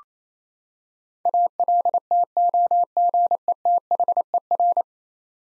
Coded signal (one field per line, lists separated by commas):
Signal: Morse code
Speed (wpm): 28 wpm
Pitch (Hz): 700 Hz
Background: none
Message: ALTOGETHER